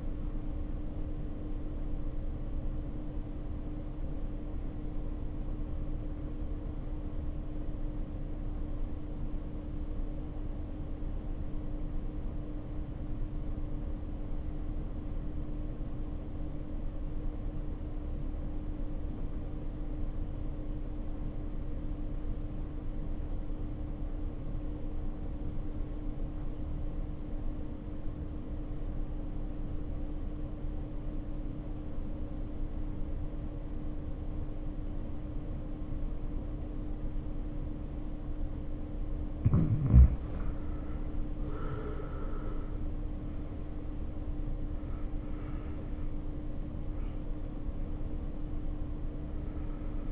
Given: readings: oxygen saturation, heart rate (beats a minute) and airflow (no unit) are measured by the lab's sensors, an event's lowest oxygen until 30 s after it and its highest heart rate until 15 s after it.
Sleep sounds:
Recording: breathing in sleep by a smartphone at the bedside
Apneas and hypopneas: 1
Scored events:
5.00-41.00 s: obstructive apnea (N1, oxygen 93% highest, then 71% lowest, heart rate 54 at the start, 77 highest)
14.00-50.11 s: new sleep stage, REM sleep
From the record:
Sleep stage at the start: N1 (lightest sleep)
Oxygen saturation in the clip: 74 to 93%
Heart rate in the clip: 46 to 77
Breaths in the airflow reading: 4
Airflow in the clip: -2.5 to 2.6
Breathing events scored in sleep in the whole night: 520 in 7.2 hours asleep

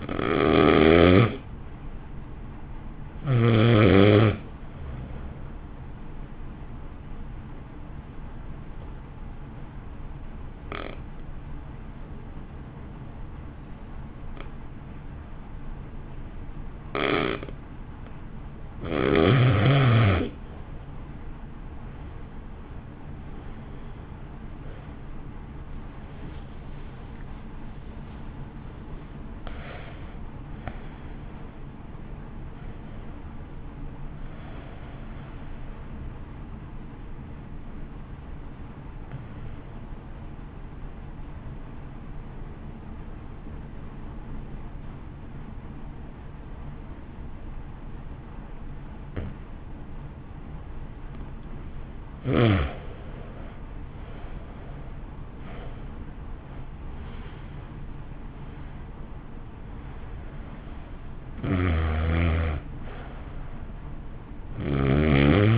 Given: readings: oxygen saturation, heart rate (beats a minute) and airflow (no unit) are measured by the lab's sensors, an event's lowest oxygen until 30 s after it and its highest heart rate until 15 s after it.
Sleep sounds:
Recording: breathing in sleep by a smartphone at the bedside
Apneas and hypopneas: 2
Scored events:
8.00-19.30 s: obstructive apnea (N2, oxygen 94% highest, then 87% lowest, heart rate 54 at the start, 68 highest)
8.00-65.58 s: new sleep stage, N2 (light sleep)
39.00-52.10 s: obstructive apnea (N2, oxygen 94% highest, then 86% lowest, heart rate 51 at the start, 64 highest)
From the record:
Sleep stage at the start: N1 (lightest sleep)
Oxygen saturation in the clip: 83 to 95%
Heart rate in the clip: 50 to 68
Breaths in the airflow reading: 13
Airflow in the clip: -1.8 to 1.9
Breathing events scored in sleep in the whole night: 328 in 6.3 hours asleep

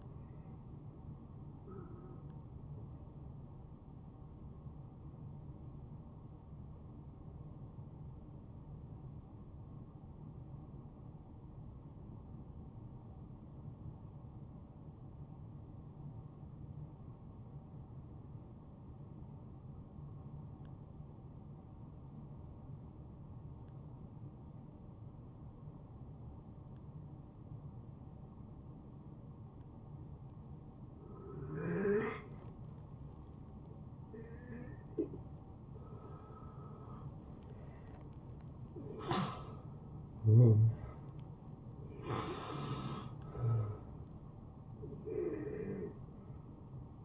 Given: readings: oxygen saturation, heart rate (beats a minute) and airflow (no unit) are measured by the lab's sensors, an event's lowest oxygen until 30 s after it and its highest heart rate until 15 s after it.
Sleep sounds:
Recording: breathing in sleep by a smartphone at the bedside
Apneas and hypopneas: 1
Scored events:
3.00-35.90 s: hypopnea (N1, oxygen 93% highest, then 83% lowest, heart rate 75 at the start, 76 highest)
17.00-47.04 s: new sleep stage, N2 (light sleep)
From the record:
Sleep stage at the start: N1 (lightest sleep)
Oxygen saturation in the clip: 81 to 93%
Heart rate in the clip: 66 to 76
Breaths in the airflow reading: 6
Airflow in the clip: -17.4 to 8.8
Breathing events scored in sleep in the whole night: 263 in 5.5 hours asleep

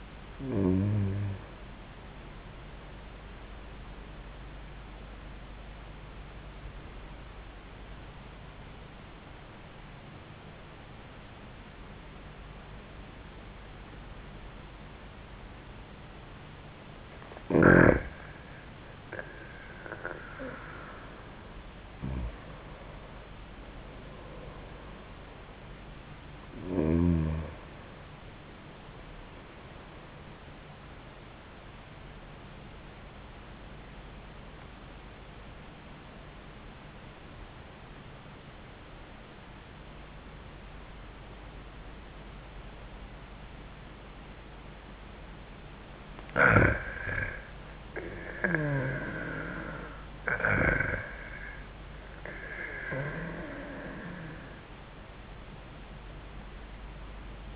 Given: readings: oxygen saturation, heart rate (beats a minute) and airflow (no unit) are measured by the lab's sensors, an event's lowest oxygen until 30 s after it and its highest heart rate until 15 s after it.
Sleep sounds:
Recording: breathing in sleep by a voice recorder at the bedside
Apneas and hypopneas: 2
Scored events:
6.00-16.90 s: obstructive apnea (N1, oxygen 96% highest, then 90% lowest, heart rate 80 at the start, 86 highest)
35.00-46.70 s: obstructive apnea (N1, oxygen 96% highest, then 90% lowest, heart rate 77 at the start, 86 highest)
From the record:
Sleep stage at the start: N1 (lightest sleep)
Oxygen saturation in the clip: 90 to 96%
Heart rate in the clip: 76 to 86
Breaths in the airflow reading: 6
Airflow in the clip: -12.1 to 14.5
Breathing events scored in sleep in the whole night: 400 in 8.7 hours asleep

